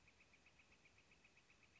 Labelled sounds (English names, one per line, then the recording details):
Northern Flicker
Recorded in Sonoma County, California